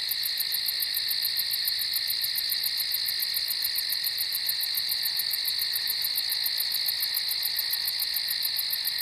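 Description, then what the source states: Crickets chirping together in an unbroken high-pitched drone, with fast rhythmic pulses riding over a steady ringing tone. Crickets at night on a farm.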